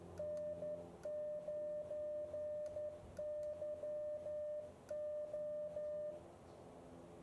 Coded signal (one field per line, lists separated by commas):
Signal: Morse code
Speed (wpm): 11 wpm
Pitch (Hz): 600 Hz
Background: music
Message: N9YO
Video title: Ham Radio in 360 Virtual Reality | Elecraft KX2 | Garmin Virb 360